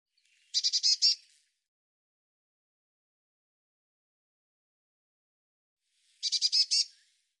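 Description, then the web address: Bird calls: two brief bursts of fast, high-pitched stuttering notes, almost six seconds apart, with silence between. "cianscape birddata Deverinetal 2025 File cleaned normalized Bird Cy Ca"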